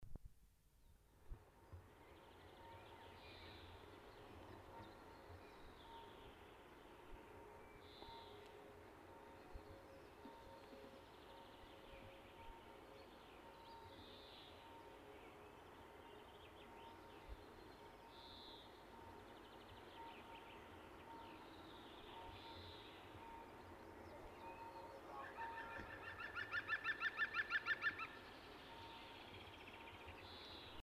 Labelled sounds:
European Green Woodpecker (Picus viridis) song, European Greenfinch (Chloris chloris)
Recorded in the wild
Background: Chloris chloris
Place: Garmisch-Partenkirchen, Bayern, DE
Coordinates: 47.4917, 11.0956
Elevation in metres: 704
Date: 1973-04-28
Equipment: Nagra IV, Sennheiser MKH 405, Parabolreflektor
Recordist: Tretzel, Erwin
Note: Almhütte, Garmisch-Partenkirchen: Gesang - "Lachen"

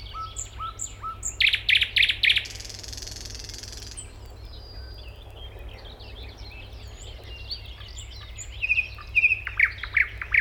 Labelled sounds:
Thrush Nightingale (Luscinia luscinia) song
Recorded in the wild
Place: Schaabe, Insel Rügen, Mecklenburg-Vorpommern, DE
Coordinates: 54.57, 13.45
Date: 1969-05-22
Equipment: Nagra III BH, Sennheiser MD 21, parabola
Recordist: Schubert, Michael

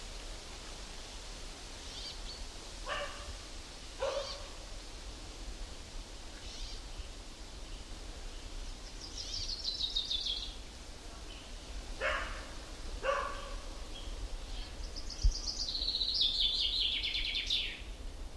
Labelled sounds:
Common Chaffinch (Fringilla coelebs)
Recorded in the wild
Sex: male
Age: adult
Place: Halbinsel Kindo, Karelien, RU
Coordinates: 66.5486, 33.1206
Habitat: taiga
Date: 1990-07-02 19:22
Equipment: Uher 4000 Report Monitor, Sennheiser MKH 416 T
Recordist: Frommolt, Karl-Heinz

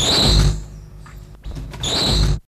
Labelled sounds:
Yellowish-streaked Lory (Chalcopsitta sintillata) call
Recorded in captivity
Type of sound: call
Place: Wilhelma Stuttgart, Baden-Württemberg, DE
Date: 1969-10-08
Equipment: Halbspur, 9,5 cm/s
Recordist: Lütgens, Hans
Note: Schreckruf

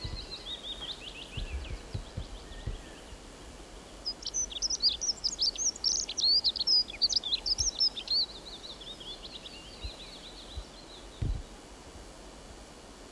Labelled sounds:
Dunnock (Prunella modularis) song
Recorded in the wild
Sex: male
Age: adult
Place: Halbinsel Kindo, Karelien, RU
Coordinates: 66.5517, 33.0889
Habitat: taiga
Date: 1996-06-21
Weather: sunny, 12-15°C
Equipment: Sony WM-D6C, Sennheiser MKH 70, Popschutz
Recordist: Frommolt, Karl-Heinz

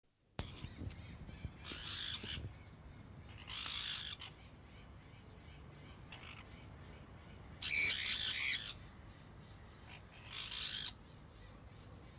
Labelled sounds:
Sun Parakeet (Aratinga solstitialis) call
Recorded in captivity
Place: Tiergarten Wilhelma/Stuttgart, Baden-Württemberg, DE
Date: 2005-03-14 15:07
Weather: heiter, 5-8°C
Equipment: Sony WM-D6C, Sony ECM-MS 907, Kopie Uher 4000 Report Monitor
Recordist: Tembrock, Günter
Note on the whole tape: Diverse Lautformen

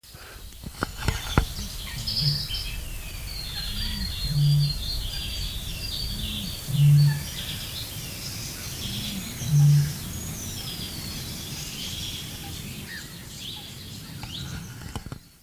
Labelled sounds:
Great Bittern (Botaurus stellaris) call
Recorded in the wild
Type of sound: call sequence
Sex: male
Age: adult
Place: Pehlitzwerder, Parsteiner See, Brandenburg, DE
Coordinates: 52.9092, 13.9936
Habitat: alder marsh, reed
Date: 1983-04-23 13:46
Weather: sunny, 17 °C
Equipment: Nagra SN, Kopie Uher 4000 Report Monitor
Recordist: Tembrock, Günter
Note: Pehlitzwerder am Parsteiner See, Männchen

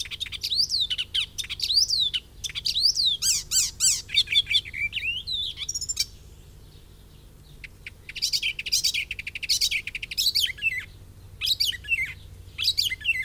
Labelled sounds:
Icterine Warbler (Hippolais icterina) song
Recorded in the wild
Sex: male
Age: adult
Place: Forchheim, Bayern, DE
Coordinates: 49.6736, 11.0792
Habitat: grove
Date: 1964-05-30
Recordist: Tretzel, Erwin

